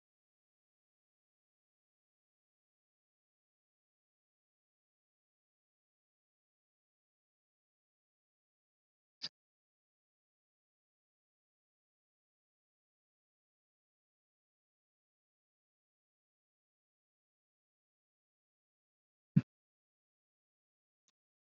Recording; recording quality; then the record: deep breathing; poor, much background noise or distortion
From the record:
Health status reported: COVID-19 positive, mild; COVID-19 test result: positive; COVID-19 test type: RT-PCR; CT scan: not taken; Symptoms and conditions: fever, fatigue, muscle pain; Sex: female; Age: 30 years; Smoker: no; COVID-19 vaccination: both doses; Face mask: worn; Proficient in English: no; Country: India